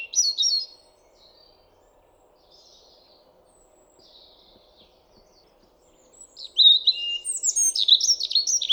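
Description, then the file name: European robin singing: a brief high burst opens, faint soft notes follow through a long pause, then a loud burst of squeaky, high-pitched warbling. "Erithacus rubecula"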